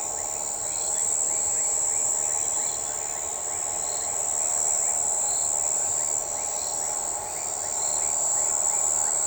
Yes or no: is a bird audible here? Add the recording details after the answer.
no. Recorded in shrubland near Pivijay, Magdalena, Colombia, on 13 April 2023 at 03:00. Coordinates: 10.453, -74.365. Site P5-G022